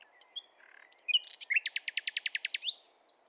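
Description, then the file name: Common nightingale song: soft introductory notes leading into a loud, rhythmic series of rapid rattling notes, ending with a rising flourish. "Luscinia megarhynchos"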